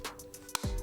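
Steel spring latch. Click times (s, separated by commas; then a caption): 0.6 s. Pressing the stock release button on an SRC Luxury Edition steel MP40 airsoft replica SMG unlatches its folded metal stock so it can be extended. A few soft ticks at about 0.2, 0.4 and 0.5 s lead to one sharp release click at 0.6 s, followed by a low rumble. The folding stock latch releases.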